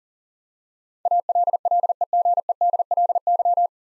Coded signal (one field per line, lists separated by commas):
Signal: Morse code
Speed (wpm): 40 wpm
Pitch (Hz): 700 Hz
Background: none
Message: ALLEGEDLY